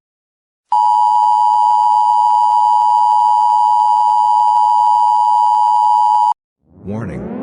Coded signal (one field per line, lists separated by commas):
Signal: Emergency Alert System (SAME) tones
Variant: 853 and 960 Hz attention tone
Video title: NUCLEAR ATTACK EAS